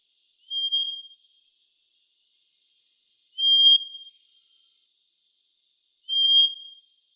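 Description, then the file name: Rufous-winged philentoma whistled call: three clear, level notes, each with a brief rising start, spaced about three seconds apart against a silent background. "philentoma sayap merah"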